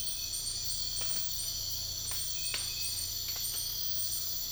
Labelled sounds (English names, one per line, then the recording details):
none
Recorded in dense forest near Puerto Asís, Putumayo, Colombia, on 13 March 2025 at 04:30
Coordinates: 0.484, -76.325
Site G045